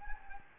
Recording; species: mosquito wingbeat signal from an infrared sensor; Anopheles gambiae